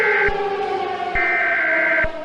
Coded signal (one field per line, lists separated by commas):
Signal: Emergency Alert System (SAME) tones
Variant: header bursts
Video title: The Legendary Being|An original EAS Scenario